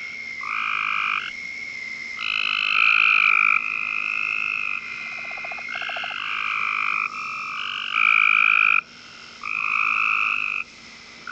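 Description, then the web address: Several tree frog callers overlap in held whistle-like tones at slightly different pitches, with a brief buzzy pulsed burst midway. "Hylidae"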